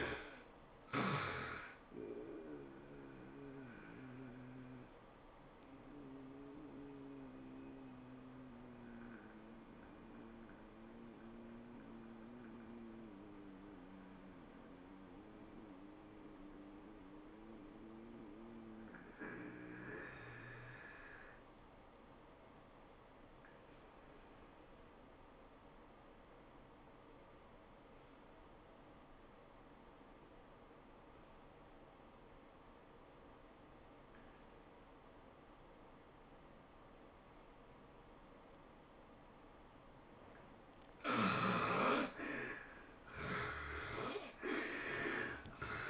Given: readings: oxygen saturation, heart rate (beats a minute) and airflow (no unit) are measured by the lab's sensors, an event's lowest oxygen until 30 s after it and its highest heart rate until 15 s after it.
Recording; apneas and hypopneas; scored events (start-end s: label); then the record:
breathing in sleep by a voice recorder at the bedside; 1
4.00-39.90 s: hypopnea (N1, oxygen 96% highest, then 67% lowest, heart rate 111 at the start, 111 highest)
From the record:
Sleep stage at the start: N1 (lightest sleep); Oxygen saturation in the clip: 66 to 96%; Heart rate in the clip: 82 to 111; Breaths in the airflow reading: 6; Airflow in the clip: -8.0 to 11.2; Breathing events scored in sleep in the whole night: 403 in 5.5 hours asleep